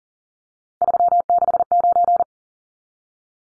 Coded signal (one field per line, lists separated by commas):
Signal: Morse code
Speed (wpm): 40 wpm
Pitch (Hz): 700 Hz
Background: none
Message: 369